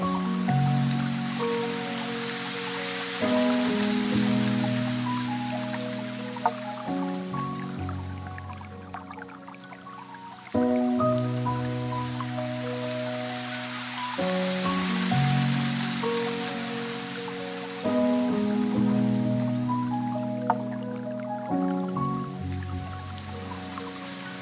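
Soft lofi piano plays slow, sustained chords that change every few seconds, low and warm, with a brief dip near the middle before the pattern repeats. Gentle rain patters steadily underneath, a fine, even hiss of drops.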